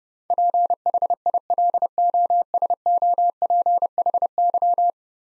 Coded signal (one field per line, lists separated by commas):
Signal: Morse code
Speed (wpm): 30 wpm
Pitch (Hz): 700 Hz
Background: none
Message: PHILOSOPHY